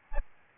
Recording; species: mosquito wingbeat signal from an infrared sensor; Aedes albopictus